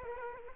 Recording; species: mosquito wingbeat signal from an infrared sensor; Aedes aegypti